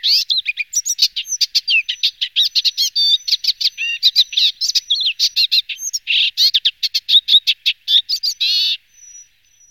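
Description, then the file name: Eastern olivaceous warbler song, a long fast chattering run of scratchy, buzzy notes, ending abruptly before a short pause. "sedmihlásek šedý"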